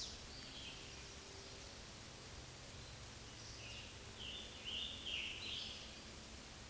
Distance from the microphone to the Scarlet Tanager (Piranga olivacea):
about 40 m